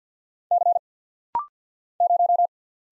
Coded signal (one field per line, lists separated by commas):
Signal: Morse code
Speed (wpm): 48 wpm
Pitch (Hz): 700 Hz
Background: none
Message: C 0